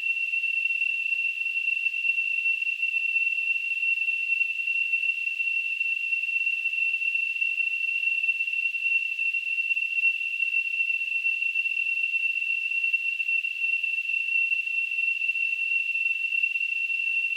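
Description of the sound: A steady, unbroken high-pitched ringing tone with a faint hiss around it lasts the full 17 seconds without changing in pitch or loudness. It is a simulated tinnitus, the ringing in the ears that sufferers perceive.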